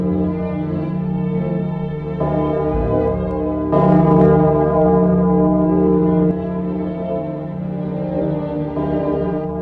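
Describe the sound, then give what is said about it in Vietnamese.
A temple bell in a bell tower overlooking a village, struck by a man pushing hard with his hand, rings out in a deep, sustained, humming tone that swells louder partway through, then settles back into a steady resonant drone, with no voices. “Tiếng chuông chùa vang xa, bao phủ khắp mọi nơi.”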